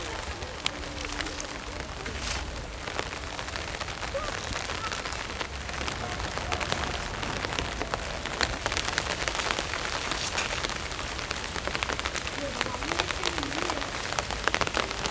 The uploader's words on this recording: Sounds along the river in Odense, Denmark. Walk under an umbrella in the Fairytale Garden and listen to tickling raindrops.